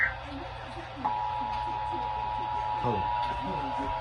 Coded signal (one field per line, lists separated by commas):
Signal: Emergency Alert System (SAME) tones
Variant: 853 and 960 Hz attention tone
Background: speech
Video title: WE HAVE A DOUBLE MUCH OF SVR'S HGX... EAS Alerts From 8/4/25 (EAS#4,474 - 4,499)